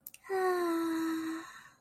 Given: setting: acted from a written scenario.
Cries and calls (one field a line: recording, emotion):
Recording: vocal sound without words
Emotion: ecstasy